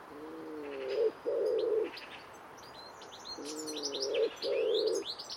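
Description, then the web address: Common wood pigeon cooing: two pairs of low, hollow coo notes, each a longer wavering note then a shorter steady one, while small birds chirp and twitter higher above. "cianscape. Deverinetal. Bird Only"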